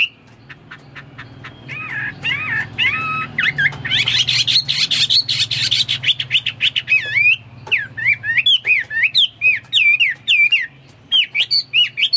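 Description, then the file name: Chinese hwamei song: quiet whistles first, then a dense burst of harsh chatter, ending in clear looping whistled notes repeated quickly. "omkicau hwamei"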